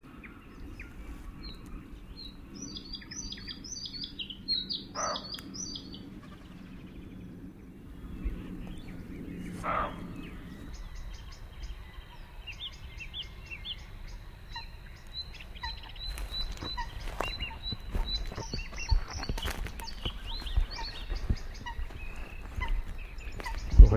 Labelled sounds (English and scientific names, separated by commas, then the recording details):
Bluethroat (Luscinia svecica) song
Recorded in the wild
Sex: male
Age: adult
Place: Kützerhof, Kummerower See, Mecklenburg-Vorpommern, DE
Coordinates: 53.8564, 12.8858
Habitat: wetland
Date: 2010-04-28 21:10
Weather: fair, 14°C, no wind
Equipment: Sound Devices 702, Sennheiser MKH 70, Rycote Windschutz
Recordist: Frommolt, Karl-Heinz